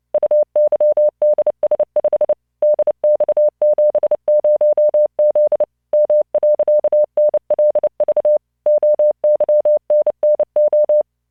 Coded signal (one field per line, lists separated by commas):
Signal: Morse code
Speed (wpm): 29 wpm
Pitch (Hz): 600 Hz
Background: none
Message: UYDS5 DX70Z M.NLV OYNNO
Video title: tamanのモールス練習動画25（モールス信号 速度29WPM スペース標準 Learn Morse Code